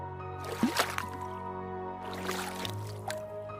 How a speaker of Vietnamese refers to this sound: Chiếc xuồng cứ xuôi theo con nước mà lướt lên trên dòng. Có những gợn sóng tung tăng theo gió, nhấp nhô lên xuống theo từng nhịp mái chèo